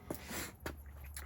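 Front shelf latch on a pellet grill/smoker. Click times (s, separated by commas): 0.7 s, 1.2 s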